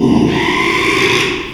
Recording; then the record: squeal of a Yucatan mini pig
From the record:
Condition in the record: after surgery on the right vocal fold (resection and tissue-engineered implant); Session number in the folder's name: 1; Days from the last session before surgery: 6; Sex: male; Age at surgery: 12 weeks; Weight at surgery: 13 kg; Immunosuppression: cyclosporine, prednisolone